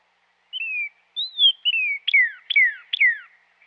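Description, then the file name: Northern cardinal song: a few clear slurred whistles, then three loud downslurred notes dropping from high to lower pitch, each about half a second apart. "dan gibsons solitudes northern cardinal"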